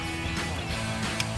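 The door wiring harness plug on a Jeep Wrangler JK is pushed back into its body-side connector after the new OPR front door weatherstrip is installed, over a steady background bed of music. A short, sharp click at 1.2 s marks the plug seating fully in its connector.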